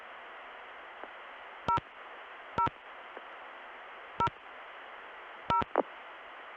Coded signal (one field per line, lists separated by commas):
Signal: DTMF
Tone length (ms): 100 ms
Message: 0 0 0 0